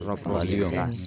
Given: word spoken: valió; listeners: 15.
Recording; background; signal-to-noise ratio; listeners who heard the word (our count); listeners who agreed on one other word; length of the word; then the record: one Spanish word in noise, from a listening test; four-talker babble; 0.2 dB; 2 of 15; 7 of 15; 0.67 s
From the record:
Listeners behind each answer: 7, 5, 2, 1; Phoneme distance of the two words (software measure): 48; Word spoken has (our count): 2 syllables, 5 phonemes, stress on syllable 2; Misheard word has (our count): 2 syllables, 5 phonemes, stress on syllable 1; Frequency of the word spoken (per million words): 5.00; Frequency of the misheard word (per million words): 14.15